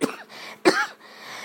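Two short, throaty coughs about half a second apart, each a sharp burst that fades quickly into a faint voiced tail, the second louder. An adult's cough that is slowly going away, treated with an inhaler, heard in a quiet indoor room.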